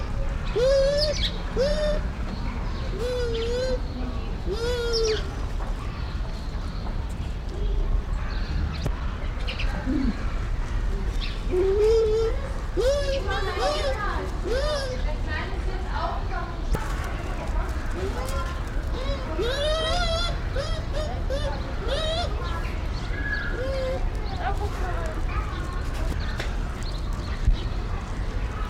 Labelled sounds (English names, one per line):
Bush Dog